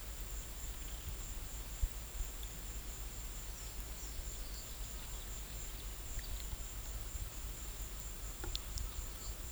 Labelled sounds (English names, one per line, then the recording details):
none
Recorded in pastures near Puerto Asís, Putumayo, Colombia, on 26 December 2024 at 13:30
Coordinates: 0.472, -76.329
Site G072